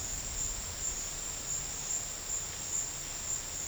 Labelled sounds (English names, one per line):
none